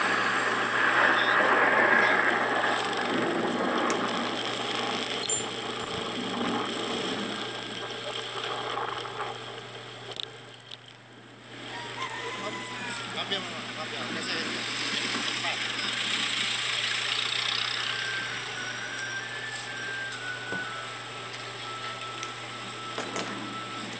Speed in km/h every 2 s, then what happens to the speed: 20, 20, 21, 22, 10, 1, 0, 0, 0, 0, 0, 0.
0-6 steady at about 20. 6-10 brakes to 1. 10-24 standing.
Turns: none.